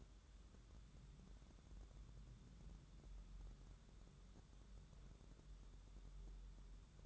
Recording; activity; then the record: daily activity, microphone in the room; wipe stove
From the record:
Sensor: 3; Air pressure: 1015.1 hPa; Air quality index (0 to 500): 85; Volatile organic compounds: 2 ppm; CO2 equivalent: 1163 ppm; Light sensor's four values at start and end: 15/39/16/17 and 15/39/16/17